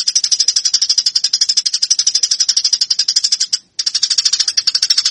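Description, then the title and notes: Eurasian tree sparrow chatter: high, scratchy chirps delivered in quick succession, a steady rattling run with a single brief break late on. Fighting-style (tarung) song, used as a master for training birds. "MASTER GEREJA TARUNG 1. burung gereja"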